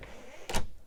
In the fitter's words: how that just clicks out